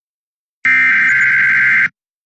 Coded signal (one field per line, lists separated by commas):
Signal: Emergency Alert System (SAME) tones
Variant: header bursts